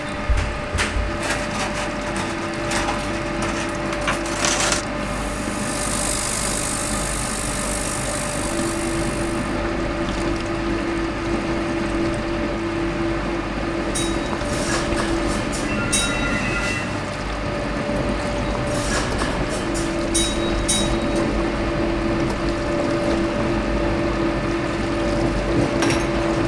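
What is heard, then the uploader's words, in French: Machinery hums and rumbles steadily throughout, with a low droning tone and a fixed mid-pitched whine that drops out briefly a few times. A bright hissing burst runs from about five to ten seconds, and sharp clicks and knocks punctuate the dense mechanical bed. "Une petite fourmi" nous fait découvrir l environnement sonore des machines et instruments d Alexandra & ses nombreuses manipulations. Ode à Alexandra, Assistante dentaire.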